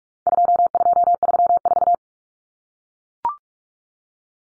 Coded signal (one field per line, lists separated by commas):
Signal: Morse code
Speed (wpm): 44 wpm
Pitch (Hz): 700 Hz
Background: none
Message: 2234